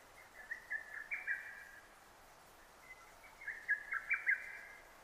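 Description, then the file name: Lesser cuckoo singing two brisk phrases of rapid staccato notes, the second one louder, against light background hiss. Recorded 6 June 2009. "hototogisu-20090606"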